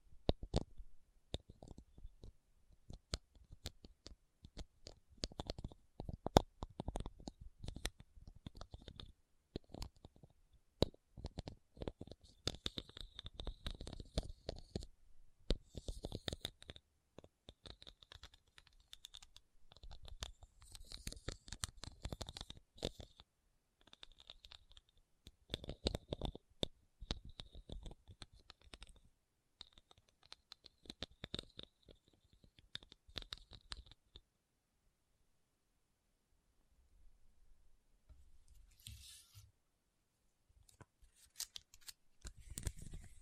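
Rhinestones being tapped and scratched in quick, irregular clicks and scrapes that fill the first half-minute, with a bright ringing edge on many strokes. The activity thins out after about 34 seconds, leaving a short quiet stretch before sparse, softer scratches return near the end.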